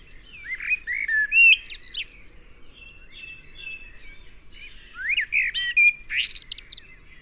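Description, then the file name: Eurasian blackbird: a flowing flute-like phrase with a sharp high squeaky ending, then after a few seconds another mellow phrase and twitter; faint background birds. "Turdus merula"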